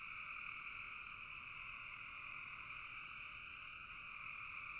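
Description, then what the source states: Frogs in full chorus, an even, continuous shimmer of overlapping calls with no breaks. Frogs in a bog.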